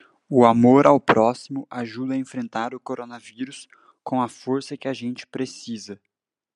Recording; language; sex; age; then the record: spoken sentence; Brazilian Portuguese; male; 20 to 29 years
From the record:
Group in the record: control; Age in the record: 21 years